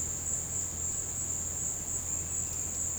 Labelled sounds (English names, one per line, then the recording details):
none
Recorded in secondary vegetation near Puerto Asís, Putumayo, Colombia, on 19 March 2025 at 16:00
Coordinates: 0.485, -76.322
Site G040